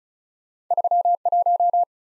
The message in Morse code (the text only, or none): 3 1